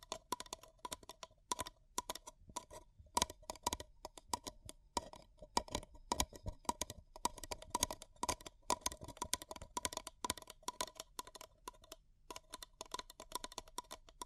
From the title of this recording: Paper Cup Tingles